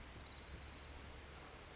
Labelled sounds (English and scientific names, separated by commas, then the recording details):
Orange-crowned Warbler (Leiothlypis celata)
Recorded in Sonoma County, California